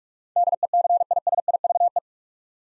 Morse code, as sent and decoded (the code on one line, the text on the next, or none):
-.. . -.-. .. ... .. ...- .
DECISIVE